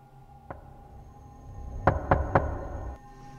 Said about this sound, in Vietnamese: Cô ta lại nín thở, tiếp tục gõ cửa.